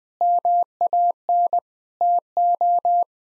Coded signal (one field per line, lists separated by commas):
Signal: Morse code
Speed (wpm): 19 wpm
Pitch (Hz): 700 Hz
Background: none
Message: MAN TO